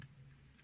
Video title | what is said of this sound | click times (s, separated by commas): Dazzlar LEDs HJ-HZ indicator and park light installation guide. | click. Right. | 0.0 s